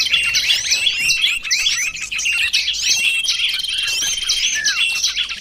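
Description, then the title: Lovebird chirping continuously in dense, rapid, high-pitched squeaky notes with a falling twitter, a busy chatter throughout. Lure call used for trapping lovebirds. "PIKAT BURUNG LOVEBIRD"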